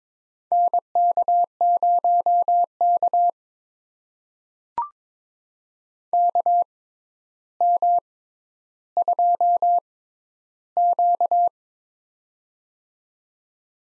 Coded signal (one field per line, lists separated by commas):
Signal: Morse code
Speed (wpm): 22 wpm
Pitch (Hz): 700 Hz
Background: none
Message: NK0K KM2Q